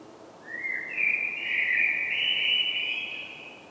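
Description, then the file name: Common blackbird giving a single sustained whistled note lasting about three seconds, rising at the start and then wavering slightly before fading. "Turdus merula"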